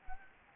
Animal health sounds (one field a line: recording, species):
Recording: mosquito wingbeat signal from an infrared sensor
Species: Anopheles arabiensis